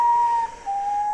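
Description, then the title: Common potoo: two plaintive whistled notes, the second slightly lower, with a brief dip between them. "vogel-der-woche Common Potoo"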